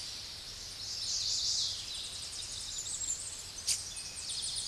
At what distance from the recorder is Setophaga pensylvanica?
about 10 m